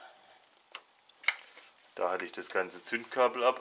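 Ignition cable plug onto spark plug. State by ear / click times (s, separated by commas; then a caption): not seated / none. An ignition cable plug is handled over the spark plug on an Audi V6 engine while the ignition cables are refitted during a timing belt change. Brief handling taps come at about 0.8 and 1.3 s, then someone talks from about 2.0 s. Nothing has clicked or seated yet.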